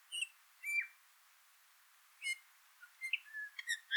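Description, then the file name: Eurasian bullfinch calls: a few brief piping whistles, one slightly longer and falling, followed by a quick cluster of short notes near the end. "Pyrrhula pyrrhula"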